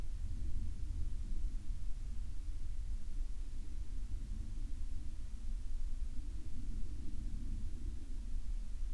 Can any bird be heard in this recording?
no